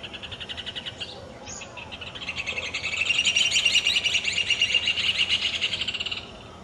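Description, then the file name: Rufous hornero song: quick repeated shrill notes that build in loudness into a long, even, rapid chatter of about four seconds before stopping. "joão-de-barro"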